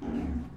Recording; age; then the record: pig call; growing-finishing pig (85 days or more)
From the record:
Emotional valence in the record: negative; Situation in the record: barren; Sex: female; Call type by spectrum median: low-frequency call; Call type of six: low-frequency stable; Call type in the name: low-frequency stable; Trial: 1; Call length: 0.56 s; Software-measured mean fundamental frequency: 60 Hz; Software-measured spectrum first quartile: 111 Hz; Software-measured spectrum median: 223 Hz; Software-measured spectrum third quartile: 328 Hz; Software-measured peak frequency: 259 Hz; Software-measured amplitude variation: 164 dB a second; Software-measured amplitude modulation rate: 35.4 a second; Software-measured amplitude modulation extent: 4.6 dB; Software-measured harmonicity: 1.2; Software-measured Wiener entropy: 0.00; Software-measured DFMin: 1447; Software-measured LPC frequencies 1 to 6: 258, 1637, 2395, 3854, 4708, 5308 Hz